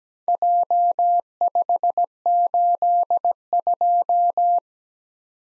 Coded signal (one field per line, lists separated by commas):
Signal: Morse code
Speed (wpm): 17 wpm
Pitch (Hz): 700 Hz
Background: none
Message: J582